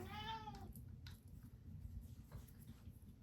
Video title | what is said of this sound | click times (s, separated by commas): Sony ZV-E10 II UNBOXING + CRAZY Accessories Haul! | You just snap it to hear it click. | 1.1 s